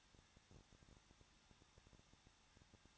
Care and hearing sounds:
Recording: daily activity, microphone in the room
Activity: no activity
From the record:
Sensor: 3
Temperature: 21.2 degrees Celsius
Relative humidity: 36.3%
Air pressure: 1006.3 hPa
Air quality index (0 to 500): 221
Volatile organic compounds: 40 ppm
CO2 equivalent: 3149 ppm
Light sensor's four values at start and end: 2/3/2/2 and 2/3/2/2

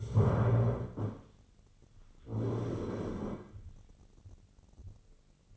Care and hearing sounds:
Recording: daily activity, microphone in the room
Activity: stand up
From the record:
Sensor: 4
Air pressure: 1010.1 hPa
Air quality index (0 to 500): 182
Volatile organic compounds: 3 ppm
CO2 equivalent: 1317 ppm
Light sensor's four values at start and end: 39/97/40/43 and 39/96/40/43

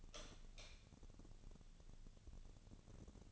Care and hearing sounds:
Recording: daily activity, microphone in the room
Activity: light on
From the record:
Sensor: 4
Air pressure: 1000.8 hPa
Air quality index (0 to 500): 127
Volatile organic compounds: 1 ppm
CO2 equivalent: 952 ppm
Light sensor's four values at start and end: 38/92/39/42 and 40/102/42/47

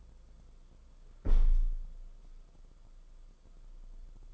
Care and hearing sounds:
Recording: daily activity, microphone in the room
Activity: close window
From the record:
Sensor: 5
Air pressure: 994.5 hPa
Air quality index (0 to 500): 186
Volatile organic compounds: 1000 ppm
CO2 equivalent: 5477 ppm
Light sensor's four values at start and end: 9/23/9/10 and 9/22/9/10

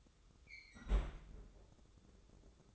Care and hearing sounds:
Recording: daily activity, microphone in the room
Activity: close fridge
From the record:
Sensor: 3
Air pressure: 995.2 hPa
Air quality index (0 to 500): 77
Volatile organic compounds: 5 ppm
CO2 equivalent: 1816 ppm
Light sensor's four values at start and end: 18/54/23/20 and 18/55/23/20

